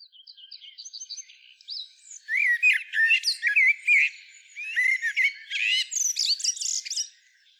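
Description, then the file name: Common blackbird: soft, high repeated notes at first, then louder fluted warbling phrases ending in thin, high twitters. "Turdus merula"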